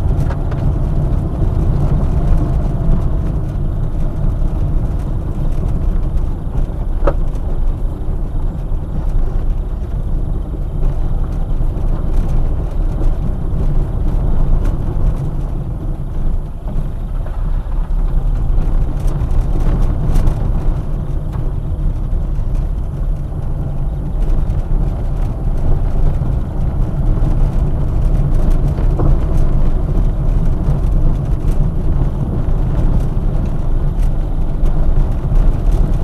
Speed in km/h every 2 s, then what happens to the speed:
28, 24, 18, 18, 17, 19, 19, 13, 10, 11, 16, 19, 17, 18, 22, 20, 22, 23.
0-3 slows to 18. 3-12 steady at about 18. 12-16 slows to 10. 16-28 speeds up to 22. 28-36 steady at about 22.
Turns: 4-7, 23-31.